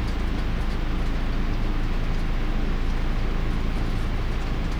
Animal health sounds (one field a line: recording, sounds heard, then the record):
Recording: poultry house recording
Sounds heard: no chicken sound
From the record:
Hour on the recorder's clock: 0